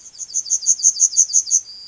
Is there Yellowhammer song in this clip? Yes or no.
yes